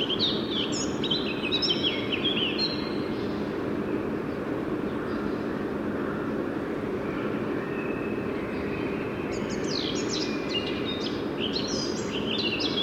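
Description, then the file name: Eurasian blackcap warbling twice, a short scratchy phrase at the start and a longer lively one near the end, separated by steady rumbling noise. "Sylvia atricapilla"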